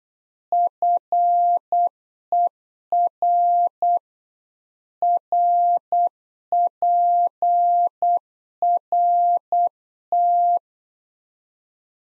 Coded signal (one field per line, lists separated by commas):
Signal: Morse code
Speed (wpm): 8 wpm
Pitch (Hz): 700 Hz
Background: none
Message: FER RPRT